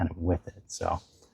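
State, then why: Not seated. A Jowua Active Cooling MagSafe magnetic phone mount for a Tesla is handled at the edge of the car's swivel touchscreen while someone talks. Nothing has seated or clicked yet.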